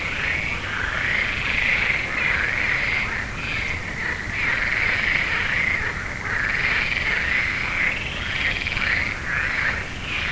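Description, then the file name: Frogs calling in a dense chorus, many overlapping high trills merging into a continuous pulsing wall of sound over steady background noise. "Froesche"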